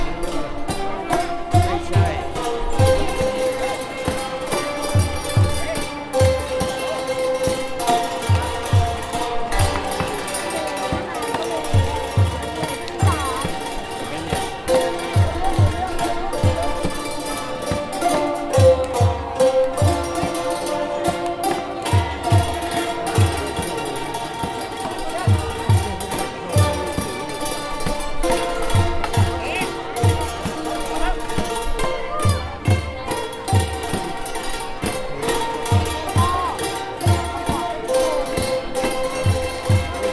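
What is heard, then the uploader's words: A children's ensemble plays folk music at a night market, sustained melody over a steady, regular low drumbeat, with faint crowd chatter throughout. A children's ensemble led by a teacher performs folk music at the Lamai Night Market on Koh Samui in Thailand. About 20 children in festive folk costumes perform folk music before entering the market. In addition to the musicians, we hear people passing by. Recorded by Grigory.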